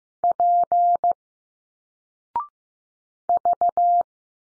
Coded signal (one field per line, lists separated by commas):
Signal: Morse code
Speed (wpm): 15 wpm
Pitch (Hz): 700 Hz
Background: none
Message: P V